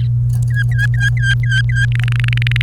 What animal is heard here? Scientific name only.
Serinus canaria